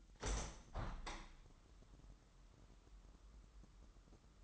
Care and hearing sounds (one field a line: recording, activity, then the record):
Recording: daily activity, microphone in the room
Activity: open window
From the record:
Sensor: 3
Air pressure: 998.6 hPa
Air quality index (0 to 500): 132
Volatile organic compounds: 4 ppm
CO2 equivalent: 1576 ppm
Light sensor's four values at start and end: 8/19/8/8 and 8/20/8/9